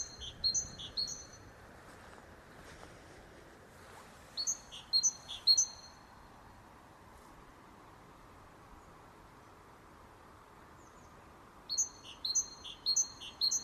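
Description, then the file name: Great tit delivering short bursts of ringing two-note phrases, three or four at a time, separated by long quiet gaps. "Parus major"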